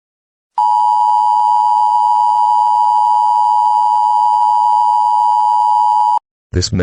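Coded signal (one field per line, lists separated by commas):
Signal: Emergency Alert System (SAME) tones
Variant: 853 and 960 Hz attention tone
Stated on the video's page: Fictional EAS scenario.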